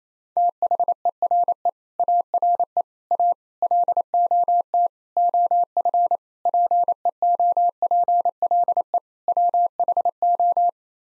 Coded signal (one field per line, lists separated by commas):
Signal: Morse code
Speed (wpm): 28 wpm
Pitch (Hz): 700 Hz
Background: none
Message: THERE ARE A LOT OF PEOPLE WHO